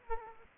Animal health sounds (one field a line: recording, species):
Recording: mosquito wingbeat signal from an infrared sensor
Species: Aedes aegypti